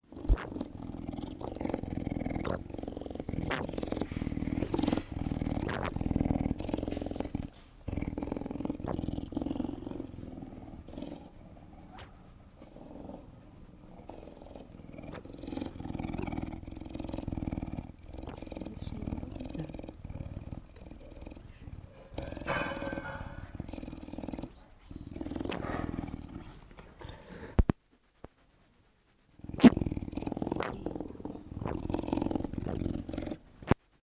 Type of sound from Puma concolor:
purring